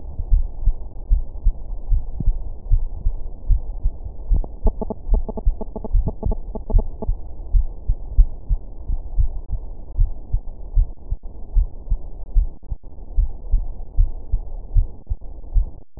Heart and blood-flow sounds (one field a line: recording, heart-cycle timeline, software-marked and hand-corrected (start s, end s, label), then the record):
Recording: heart sounds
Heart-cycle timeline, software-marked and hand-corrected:
0.00	0.30	diastole
0.30	0.44	S1
0.44	0.64	systole
0.64	0.74	S2
0.74	1.10	diastole
1.10	1.24	S1
1.24	1.44	systole
1.44	1.54	S2
1.54	1.90	diastole
1.90	2.02	S1
2.02	2.24	systole
2.24	2.34	S2
2.34	2.70	diastole
2.70	2.84	S1
2.84	3.04	systole
3.04	3.14	S2
3.14	3.48	diastole
3.48	3.62	S1
3.62	3.84	systole
3.84	3.94	S2
3.94	4.30	diastole
4.30	4.44	S1
4.44	4.64	systole
4.64	4.74	S2
4.74	5.10	diastole
5.10	5.24	S1
5.24	5.46	systole
5.46	5.56	S2
5.56	5.92	diastole
5.92	6.06	S1
6.06	6.26	systole
6.26	6.36	S2
6.36	6.72	diastole
6.72	6.86	S1
6.86	7.08	systole
7.08	7.18	S2
7.18	7.54	diastole
7.54	7.66	S1
7.66	7.82	systole
7.82	7.88	S2
7.88	8.18	diastole
8.18	8.32	S1
8.32	8.60	systole
8.60	8.72	S2
8.72	9.16	diastole
9.16	9.30	S1
9.30	9.52	systole
9.52	9.62	S2
9.62	9.98	diastole
9.98	10.10	S1
10.10	10.32	systole
10.32	10.42	S2
10.42	10.76	diastole
10.76	10.88	S1
10.88	11.10	systole
11.10	11.18	S2
11.18	11.54	diastole
11.54	11.68	S1
11.68	11.90	systole
11.90	12.00	S2
12.00	12.34	diastole
12.34	12.48	S1
12.48	12.70	systole
12.70	12.78	S2
12.78	13.16	diastole
13.16	13.30	S1
13.30	13.52	systole
13.52	13.64	S2
13.64	13.98	diastole
13.98	14.10	S1
14.10	14.32	systole
14.32	14.42	S2
14.42	14.74	diastole
14.74	14.86	S1
14.86	15.08	systole
15.08	15.16	S2
15.16	15.54	diastole
15.54	15.68	S1
15.68	15.92	systole
15.92	16.00	S2
From the record:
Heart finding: coronary artery disease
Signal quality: good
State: rest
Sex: female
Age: 55 years